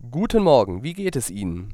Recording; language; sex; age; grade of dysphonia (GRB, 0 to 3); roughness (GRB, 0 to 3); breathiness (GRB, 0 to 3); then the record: spoken sentence; German; male; 20 to 29 years; 0; 0; 0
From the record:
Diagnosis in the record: healthy voice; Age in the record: 27 years